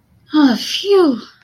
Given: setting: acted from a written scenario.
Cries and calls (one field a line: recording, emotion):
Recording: vocal sound without words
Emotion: relief